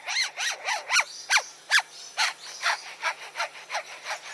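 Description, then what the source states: Lyrebird mimicking construction noise: rhythmic rasping strokes like sawing, about two and a half per second, each a harsh buzzy sweep. Lyrebird native to Australia that lived near a construction zone and learned to mimic the sounds heard there, producing an industrial racket.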